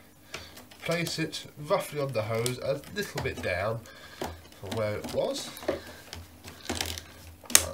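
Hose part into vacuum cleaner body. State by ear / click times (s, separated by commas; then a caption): seated / 7.6 s. Someone talks while a plastic hose part is positioned and pushed down into the body of a Dyson DC19 T2 vacuum cleaner, with a few light knocks along the way. A sharp, loud click at 7.6 s marks the hose part seating in place.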